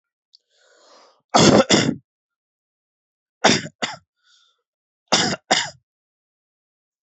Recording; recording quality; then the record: heavy voluntary cough; excellent, no background noise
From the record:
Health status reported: healthy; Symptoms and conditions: none ticked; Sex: male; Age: 28 years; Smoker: not ticked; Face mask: not worn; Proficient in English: yes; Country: India